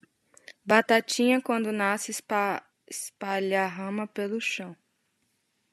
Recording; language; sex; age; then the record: short text; Brazilian Portuguese; female; 20 to 29 years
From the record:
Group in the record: control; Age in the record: 27 years